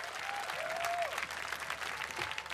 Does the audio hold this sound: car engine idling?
no